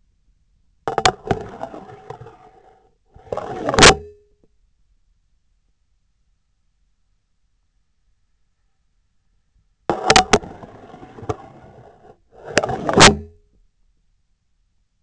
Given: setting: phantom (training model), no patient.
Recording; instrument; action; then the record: laparoscopic instrument, vibration sensor on the handle end; scissors; insertion and removal through the trocar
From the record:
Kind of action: spatial motion